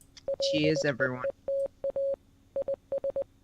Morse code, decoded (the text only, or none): LEETA IS